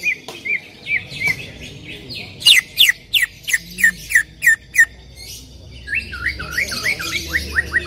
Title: CUCAK IJO BETINA GACOR HIPER MEMANGGIL JANTAN